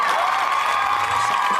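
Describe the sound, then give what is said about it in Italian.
A played applause sound effect: a steady burst of applause from a crowd, dense, even clapping with some cheering mixed in, holding at a constant loudness throughout with no pauses. “Riccardo Buccero, applauso. Mettetemi l'applauso.”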